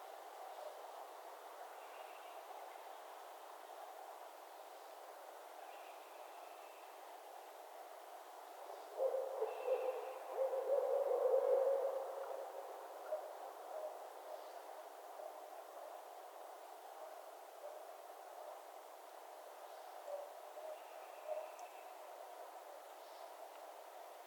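Barred owls calling over a steady low hiss. Between about nine and twelve seconds a louder run of hooting, wavering calls rises out of the background, and a few faint, higher short notes come and go through the rest of the recording.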